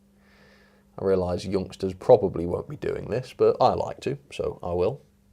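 A Bachmann Thomas & Friends Rebecca model locomotive is reversed slowly onto a rake of coaches so its plastic/metal coupling can hook the first coach. Someone talks throughout, with a steady low hum underneath. Nothing has coupled or clicked yet.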